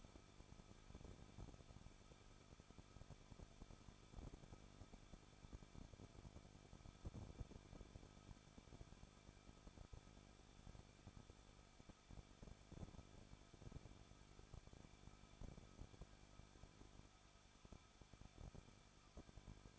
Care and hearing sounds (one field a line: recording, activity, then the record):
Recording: daily activity, microphone in the room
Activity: no activity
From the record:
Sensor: 5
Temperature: 20.8 degrees Celsius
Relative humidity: 38.2%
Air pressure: 1006.5 hPa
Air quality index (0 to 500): 186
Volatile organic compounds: 18 ppm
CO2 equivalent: 2611 ppm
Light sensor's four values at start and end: 2/3/1/1 and 2/3/1/1